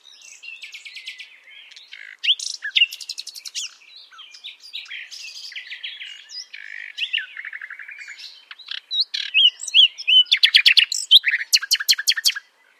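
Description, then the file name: Common nightingale song: varied high phrases of whistles, rattles and rapid note series, ending in loud repeated clicking strokes near the close. "Luscinia megarhynchos"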